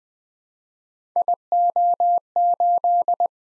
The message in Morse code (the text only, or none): IO8